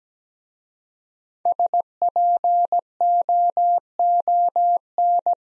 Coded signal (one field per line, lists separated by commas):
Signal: Morse code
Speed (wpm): 17 wpm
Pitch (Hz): 700 Hz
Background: none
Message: SPOON